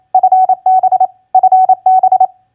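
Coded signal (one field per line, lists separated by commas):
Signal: Morse code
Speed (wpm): 28 wpm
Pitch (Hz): 750 Hz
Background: none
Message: FB FB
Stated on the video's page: Morse practice of common QSO elements (TU, FB, CUAGN) at 28 wpm.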